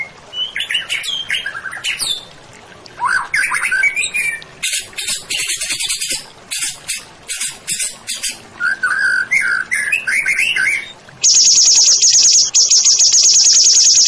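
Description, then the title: White-rumped shama song: varied clear whistled phrases, rising and falling, broken by harsh buzzy bursts, ending in a steady high insect-like trill. Masteran training recording for songbirds, presented as a champion white-rumped shama. "Masteran Murai Batu Juara"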